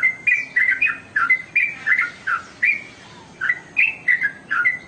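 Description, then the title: Oriental magpie-robin giving clear whistled and slurred chirping notes in short bursts, with a brief pause midway before the phrases resume. "Kicau Kacer"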